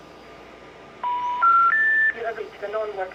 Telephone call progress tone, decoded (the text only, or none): special information tone